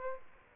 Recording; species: mosquito wingbeat signal from an infrared sensor; Aedes aegypti